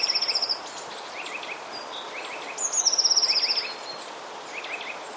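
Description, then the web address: Eurasian blue tit delivering a brief high trill, then a longer one introduced by a thin squeaky note, over soft repeated background notes. "wroblowe teka spiew 3. modraszkoteka"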